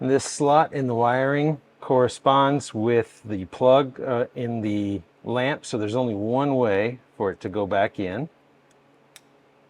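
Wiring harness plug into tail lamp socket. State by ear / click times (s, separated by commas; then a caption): seated / 9.2 s. Someone talks for about eight seconds, then a plastic wiring harness plug, keyed by its slot, is pushed back into the tail lamp socket of an Auxbeam LED light on an LR3. After a brief quiet gap, a single short, sharp click sounds at 9.2 s as the plug seats home.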